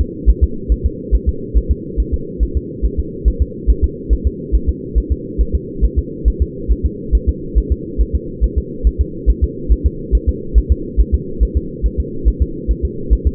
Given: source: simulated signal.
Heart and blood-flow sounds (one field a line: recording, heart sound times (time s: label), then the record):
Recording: fetal heart sounds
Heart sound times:
0.01 s: S2
0.30 s: S1
0.44 s: S2
0.72 s: S1
0.86 s: S2
1.15 s: S1
1.29 s: S2
1.57 s: S1
1.71 s: S2
2.00 s: S1
2.14 s: S2
2.43 s: S1
2.57 s: S2
2.85 s: S1
2.99 s: S2
3.28 s: S1
3.42 s: S2
3.70 s: S1
3.84 s: S2
4.13 s: S1
4.27 s: S2
4.55 s: S1
4.69 s: S2
4.98 s: S1
5.12 s: S2
5.41 s: S1
5.55 s: S2
5.85 s: S1
5.98 s: S2
6.28 s: S1
6.42 s: S2
6.72 s: S1
6.86 s: S2
7.15 s: S1
7.29 s: S2
7.58 s: S1
7.72 s: S2
8.01 s: S1
8.15 s: S2
8.44 s: S1
8.58 s: S2
8.87 s: S1
9.01 s: S2
9.30 s: S1
9.44 s: S2
9.72 s: S1
9.86 s: S2
10.15 s: S1
10.29 s: S2
10.58 s: S1
10.72 s: S2
11.00 s: S1
11.14 s: S2
11.43 s: S1
11.57 s: S2
11.86 s: S1
12.00 s: S2
12.28 s: S1
12.42 s: S2
12.71 s: S1
12.85 s: S2
13.13 s: S1
13.27 s: S2
From the record:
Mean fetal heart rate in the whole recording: 140 bpm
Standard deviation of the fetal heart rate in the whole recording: 2 bpm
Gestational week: 34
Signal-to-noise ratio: -4.3 dB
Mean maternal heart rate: 72 bpm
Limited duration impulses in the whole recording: absent